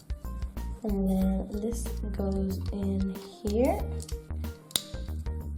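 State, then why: Seated. A plastic sail piece is pushed into the hull of a toy pirate ship while someone talks over background music. A sharp click at 4.8 s marks the piece seating into its socket.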